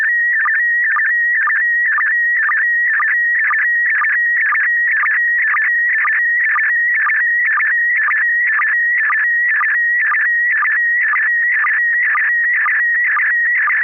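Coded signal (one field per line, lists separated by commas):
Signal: SSTV (slow-scan television)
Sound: warbling, chirping tone around 2 kHz with a steady repeating tick-like rhythm twice a second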